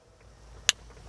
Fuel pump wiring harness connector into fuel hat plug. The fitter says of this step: got that real nice plug and play connection you want to press it in until you hear it click